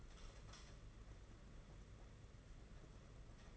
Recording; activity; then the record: daily activity, microphone in the room; light off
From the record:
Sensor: 4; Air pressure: 992.7 hPa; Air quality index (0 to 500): 171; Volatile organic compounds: 275 ppm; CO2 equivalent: 4423 ppm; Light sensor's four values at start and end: 5/10/4/4 and 4/8/3/3